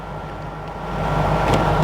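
The emergency escape hatch on a Prevost bus frame is being lined back up and guided into place before it is pushed home to latch. A steady low, engine-like rumble fills the clip and grows slightly louder after about 1 second, with a faint brief rustle near 1.5 seconds. Nothing has seated or clicked yet.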